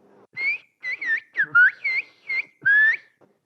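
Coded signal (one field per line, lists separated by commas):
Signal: whistled language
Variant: Turkish (kuş dili)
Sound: seven short gliding whistled syllables rising and falling in pitch, like whistled speech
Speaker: if I wanted to ask for 1 kg of tomatoes in Turkish I'd sayil which in whistle Turkish would be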